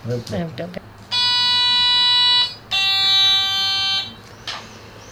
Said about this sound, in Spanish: Que era un juguete antiguo que daba los tonos musicales. Que da los tonos, mira, escucha. Y así, ¿eh? De ahí da los cuatro tonos de comienzo de cualquier canción.